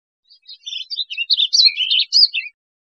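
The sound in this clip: Warbling vireo delivering one fast, run-on warbled phrase of looping, slurred notes that builds in loudness and ends after about two seconds.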